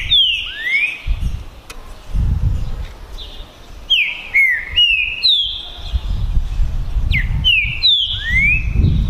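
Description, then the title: Green-winged saltator singing in whistled slurs and downward steps, several phrases in quick succession over heavy low rumbling noise. Two birds in a song contest during the 2022 season, chirping, singing and giving assertive male song in the dispute. "TRINCA Piando, Cantando E Macheando Na DISPUTA. ISSO SIM!! É UMA DISPUTA DE TRINCA FERRO PERFEITA!! NAVAL VS DEMOLIDOR 2022! TEMPORADA 2022!"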